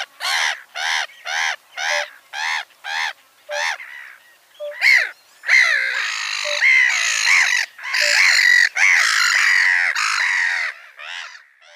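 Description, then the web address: Black-headed Gull calls, a series of short rasping squawks at first, then longer drawn-out harsh screeches that run together. "Schulze Peter Black-headed Gull"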